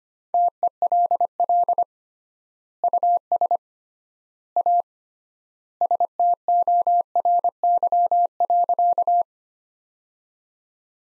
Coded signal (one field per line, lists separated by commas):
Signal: Morse code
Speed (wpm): 25 wpm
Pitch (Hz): 700 Hz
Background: none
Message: TELL US A STORY.